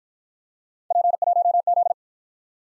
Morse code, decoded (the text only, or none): P1Z